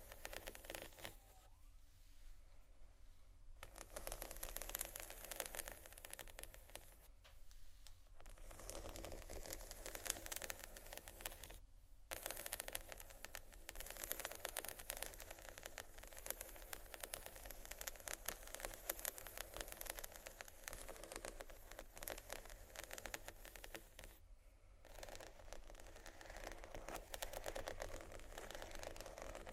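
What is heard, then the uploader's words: Dense, rapid tapping and scratching on glass and bamboo runs almost without letup, a busy crackling texture with a steady low rumble beneath. Brief pauses break it near two, eight, twelve and twenty-four seconds before the scratching resumes at the same level. Tapping, water, scratching, glass, bamboo.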